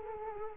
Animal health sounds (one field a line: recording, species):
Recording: mosquito wingbeat signal from an infrared sensor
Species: Culex quinquefasciatus